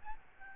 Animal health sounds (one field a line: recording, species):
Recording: mosquito wingbeat signal from an infrared sensor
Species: Aedes albopictus